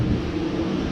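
The plastic connector position lock on an actuator's electrical connector is handled just before being pushed back in, during diagnosis of trouble code P2004. Only a steady, low-pitched rumbling background noise is heard throughout the second. The lock has not seated or clicked yet.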